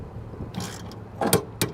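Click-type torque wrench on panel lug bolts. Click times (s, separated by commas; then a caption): 1.6 s. A preset click-type torque wrench, set to 250 inch-pounds converted to foot-pounds, ratchets down hex-head lug bolts in an electrical panel with bursts of ratcheting at about 0.6 s and 1.2–1.3 s. A sharp click at 1.6 s confirms the bolts have reached the set torque.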